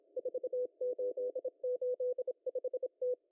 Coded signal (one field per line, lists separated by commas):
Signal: Morse code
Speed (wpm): 26 wpm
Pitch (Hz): 500 Hz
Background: none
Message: 4885T